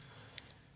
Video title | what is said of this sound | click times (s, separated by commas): HOW TO CHANGE SHIFT KNOB (FOCUS ST) | And this just snaps right into place just like that. | 0.4 s